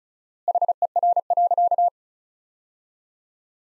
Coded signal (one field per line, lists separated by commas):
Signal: Morse code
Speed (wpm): 36 wpm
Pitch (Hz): 700 Hz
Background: none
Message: HER.